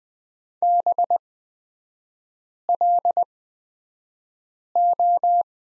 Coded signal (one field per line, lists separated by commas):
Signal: Morse code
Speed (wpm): 20 wpm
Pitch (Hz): 700 Hz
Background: none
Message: BLO